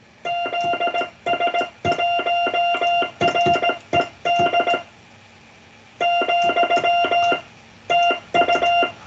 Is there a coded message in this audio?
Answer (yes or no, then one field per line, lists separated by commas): yes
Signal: Morse code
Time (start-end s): 0.3-8.8 s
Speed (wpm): 17 wpm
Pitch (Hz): 690 Hz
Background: none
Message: ZS1RED , TU